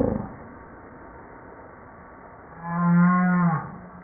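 Humpback whale call: a single low, steady, harmonic moan lasting about a second, over quiet background hiss.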